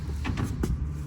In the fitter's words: and then we let go and it'll lock in just make sure you hear that click on it's locked in